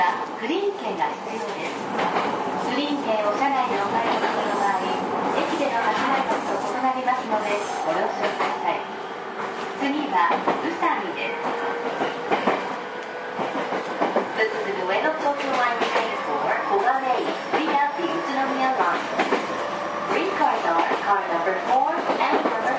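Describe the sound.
A JR East 231 series train on the Ito to Yokohama run, heard as a steady, dense rumble of the moving car with faint tonal whines from the motors. Voices murmur throughout, and sharper clicks and knocks from the wheels and car recur every few seconds.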